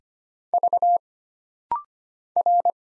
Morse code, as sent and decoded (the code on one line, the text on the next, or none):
...- / .-.
V R